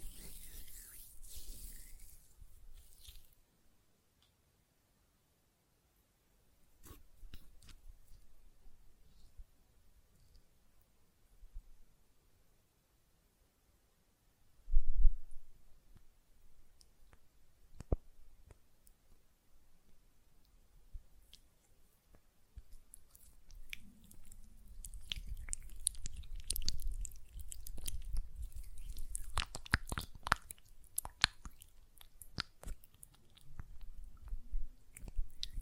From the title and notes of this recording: ASMR Gel Lotion Hand Sounds (No Talking).